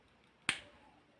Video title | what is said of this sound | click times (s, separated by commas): PHILIPS BT3221/15 Runtime: 90 min Trimmer for Men (Grey) - Online Shopping - Trimmer Unboxing | লেগে গেলে একটা খট করে একটা আওয়াজ হবে। | 0.5 s